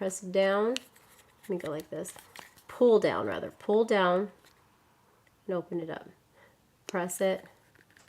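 Someone talks while handling the battery and SD card compartment door on a small water-resistant camera, pressing and pulling it down to open it. Only a few faint, short ticks are heard near the end. Nothing has seated or clicked yet; the door still needs to snap shut tightly because the camera is water resistant.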